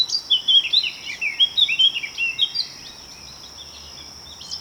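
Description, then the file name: Eurasian blackcap delivering a brisk phrase of clear, varied whistles and twitters lasting about three seconds, followed by quiet, with a steady high-pitched whine throughout. "Sylvia atricapilla"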